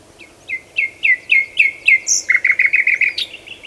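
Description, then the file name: Common nightingale song: repeated sliding whistles at a quick steady pace, a sharp high note, then a rapid trill of pulsed notes. "Luscinia megarhynchos"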